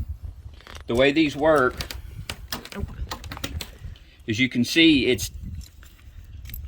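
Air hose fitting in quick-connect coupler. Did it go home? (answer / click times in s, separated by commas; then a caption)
released / 6.5 s. An air hose fitting sits in a metal quick-connect air coupler while someone talks, with several sharp metallic clicks and handling sounds between the words. The coupler is pulled back and the hose fitting releases and disconnects with a pair of clicks at about 6.5 and 6.5 seconds.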